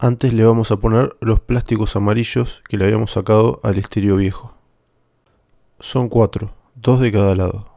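Someone talks while the plastic outer trim bezel around a newly installed Android stereo in a Corolla dashboard is fitted with its four yellow plastic clips, two on each side, and pushed toward the dash. Nothing has seated or clicked yet when the clip ends.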